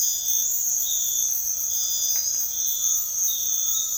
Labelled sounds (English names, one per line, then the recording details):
Undulated Tinamou
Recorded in dense forest near Puerto Asís, Putumayo, Colombia, on 18 February 2024 at 06:00
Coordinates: 0.496, -76.326
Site G6383